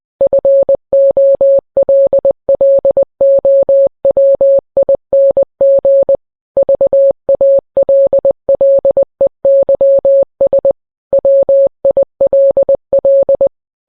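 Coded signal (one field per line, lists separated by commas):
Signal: Morse code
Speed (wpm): 20 wpm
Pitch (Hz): 550 Hz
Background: none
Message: FOLLOWING VALLEYS WILL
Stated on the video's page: Fictional, not-real EAS tornado warning sent in Morse code.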